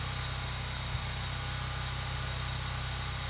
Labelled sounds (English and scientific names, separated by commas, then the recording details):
none
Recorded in secondary vegetation near Puerto Asís, Putumayo, Colombia, on 22 June 2025 at 10:30
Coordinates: 0.485, -76.322
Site GP06